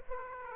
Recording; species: mosquito wingbeat signal from an infrared sensor; Aedes aegypti